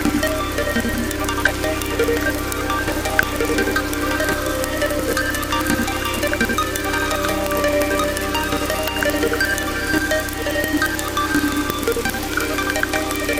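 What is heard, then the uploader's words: Rain falls steadily and densely, with many small taps and drips scattered across the whole stretch, some sharper ones standing out. A low, constant hum runs underneath, and the level stays even throughout without pauses or build-ups. A track inspired by Melissa Harrison's book RAIN, made using field recordings of English rainfall.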